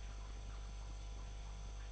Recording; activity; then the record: daily activity, microphone in the room; make coffee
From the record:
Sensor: 5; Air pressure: 1002.1 hPa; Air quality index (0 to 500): 220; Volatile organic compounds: 26 ppm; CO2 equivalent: 2862 ppm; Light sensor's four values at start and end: 10/24/10/11 and 10/24/10/11